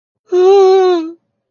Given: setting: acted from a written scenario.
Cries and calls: vocal sound without words; distress

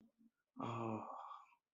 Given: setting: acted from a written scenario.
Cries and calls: vocal sound without words; contentment

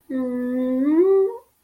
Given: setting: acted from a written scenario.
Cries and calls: vocal sound without words; guilt

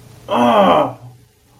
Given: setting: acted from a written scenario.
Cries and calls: vocal sound without words; pain

